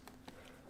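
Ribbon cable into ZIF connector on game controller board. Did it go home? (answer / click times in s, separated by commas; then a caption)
yes / 0.1 s, 0.3 s. The black locking flap of a ZIF ribbon-cable connector on a PS5 controller board is pushed down to clamp an inserted ribbon cable while a Charm Focus Remap Kit for back buttons is being installed. Two short, sharp clicks are heard at 0.1 s and 0.3 s over a quiet background. The latch clamps shut and the ribbon cable is seated.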